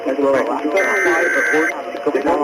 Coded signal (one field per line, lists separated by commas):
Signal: Emergency Alert System (SAME) tones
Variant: header bursts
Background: speech